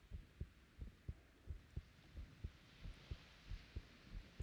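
A normal adult woman's heartbeat, heard with an ear pressed against her chest: a steady rhythm of paired lub-dub beats at about 90 beats per minute.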